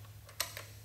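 A safety lockout lock is closed on the slide-type air shut-off valve of a 12-ton air press brake, snapping shut with one sharp metallic click at 0.4 s. A softer tick follows at 0.6 s over a steady low hum. The lock is seated on the valve.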